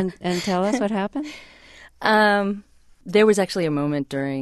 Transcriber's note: soundbite of laughter